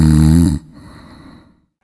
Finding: Snoring.